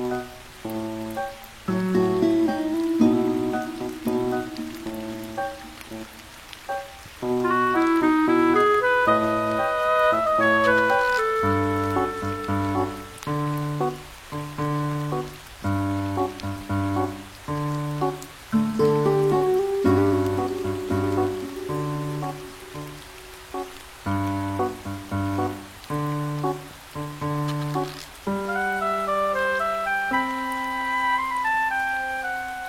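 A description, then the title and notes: Music plays over steady rain, with low bass notes and chords shifting every second or so beneath a higher melody that climbs and falls. A soft, constant patter of rain hisses underneath throughout, and the music briefly thins out near the end. Music w/ Rain Sounds.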